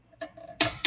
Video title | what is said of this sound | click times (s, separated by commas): Tire Rotation | that one clicks. | 0.6 s